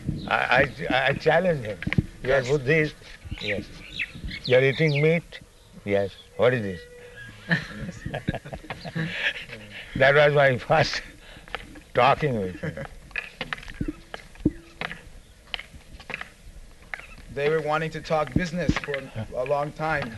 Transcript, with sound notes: I challenged him, "You are Buddhist." "Yes." "You are eating meat?" "Yes." "What is this?" [laughs] That was my first talking with him.
They were wanting to talk business for a long time.